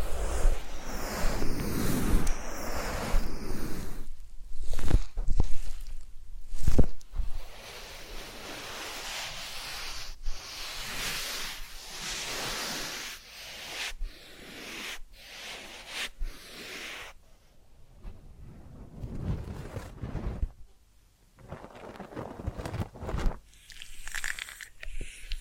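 Massage, ear cleaning and spa sounds: close rubbing and brushing noises come in uneven strokes, with sharp taps and brief clicks scattered throughout. The texture shifts often between dense, hissing friction and quieter pauses, with a near-silent stretch around twenty-one seconds before soft rustling resumes.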